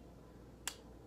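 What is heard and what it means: A Makena medication auto-injector is held in place against the skin until the dose finishes, with its orange bar rising to the top. Against a quiet background, one sharp, bright click sounds at 0.7 s, marking the end of the dose. The shot is complete.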